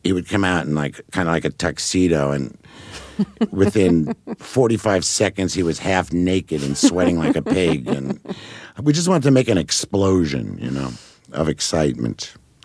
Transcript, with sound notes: He would come out in kind of, like, a tuxedo, and within 45 seconds, he was half naked and sweating like a pig.
(Laughter).
And we just wanted to make an explosion, you know, of excitement.